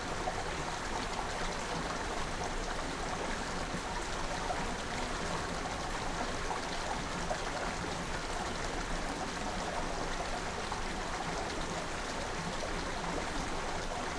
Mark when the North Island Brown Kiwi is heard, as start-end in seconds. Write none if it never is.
none